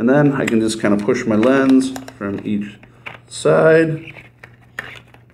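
Someone talks while pushing on a Bunkerkings CMD Blackout Series paintball goggle lens from each side. A sharp pop is heard at 4.8 seconds as the lens pops free of the plastic goggle frame and comes right out.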